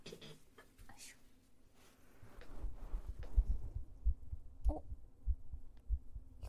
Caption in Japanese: 心音聞こえるかな。 聞こえる？聞こえるね、今日すごく。 ママの心音聞いて安心してるのね。